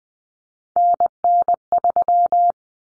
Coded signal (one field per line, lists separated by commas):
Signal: Morse code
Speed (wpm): 20 wpm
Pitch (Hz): 700 Hz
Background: none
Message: NN3